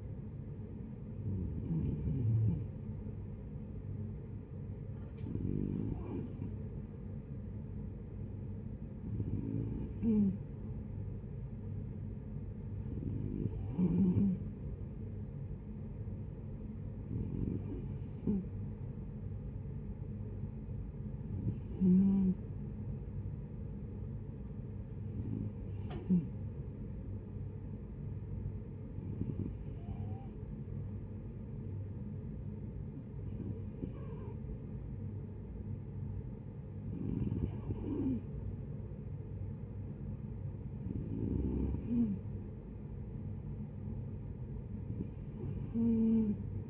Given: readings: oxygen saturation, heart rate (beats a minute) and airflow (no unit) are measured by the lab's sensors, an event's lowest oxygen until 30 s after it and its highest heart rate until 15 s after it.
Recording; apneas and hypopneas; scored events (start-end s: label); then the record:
breathing in sleep by a smartphone at the bedside; none
none scored
From the record:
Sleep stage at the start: N2 (light sleep); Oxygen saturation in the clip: 92 to 93%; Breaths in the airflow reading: 12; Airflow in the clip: -8.5 to 5.8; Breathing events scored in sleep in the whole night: 496 in 5.4 hours asleep